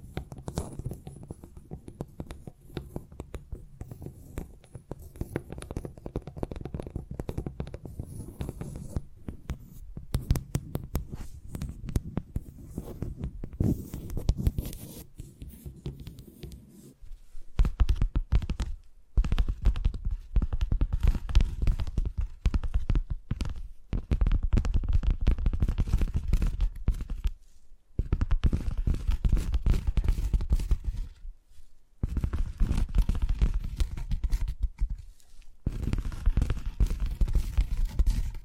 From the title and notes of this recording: ASMR Brain Tingly Tapping Sounds for Sleep (No Talking).